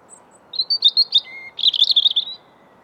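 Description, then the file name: European robin song: two quick phrases of high, liquid warbling notes, separated by a short lower steady whistle. "Erithacus rubecula"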